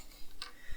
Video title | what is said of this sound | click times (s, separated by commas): Build Your Own Thunderbird 2 - Pack 2 | You know they go in because you can hear them clicking in. | 0.4 s